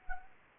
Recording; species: mosquito wingbeat signal from an infrared sensor; Anopheles arabiensis